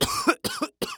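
Three quick, harsh cough bursts within about a second, separated by brief silences, each with a sharp onset and a noisy, throaty tail. A plain adult male cough.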